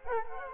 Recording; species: mosquito wingbeat signal from an infrared sensor; Culex quinquefasciatus